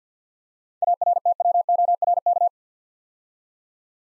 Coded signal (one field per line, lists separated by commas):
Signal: Morse code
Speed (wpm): 50 wpm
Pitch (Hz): 700 Hz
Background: none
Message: ARTWORK